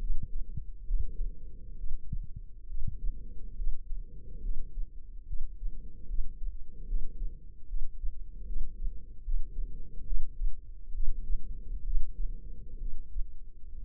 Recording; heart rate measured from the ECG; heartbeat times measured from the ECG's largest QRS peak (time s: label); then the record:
heart sounds by microphone in the left ear; 70 bpm
0.86 s: heartbeat
1.76 s: heartbeat
2.67 s: heartbeat
3.56 s: heartbeat
4.41 s: heartbeat
5.25 s: heartbeat
6.07 s: heartbeat
6.86 s: heartbeat
7.66 s: heartbeat
8.45 s: heartbeat
9.23 s: heartbeat
10.04 s: heartbeat
10.92 s: heartbeat
11.84 s: heartbeat
12.78 s: heartbeat
13.77 s: heartbeat
From the record:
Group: healthy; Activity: rest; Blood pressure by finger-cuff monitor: 100/72 mmHg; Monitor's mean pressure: 81 mmHg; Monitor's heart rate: 70 bpm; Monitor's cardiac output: 5.2 L/min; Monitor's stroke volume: 72 mL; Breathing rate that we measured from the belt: 22 breaths a minute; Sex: female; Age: 32 years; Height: 172 cm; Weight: 71.7 kg